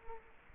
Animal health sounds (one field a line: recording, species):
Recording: mosquito wingbeat signal from an infrared sensor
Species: Culex quinquefasciatus